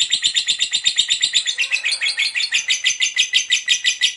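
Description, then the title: Lovebird chattering in a steady run of rapid, grating pulses, unbroken to the end. Long, lively ngekek chatter. "LOVEBIRD NGEKEK PANJANG GACOR BIKIN LATAH"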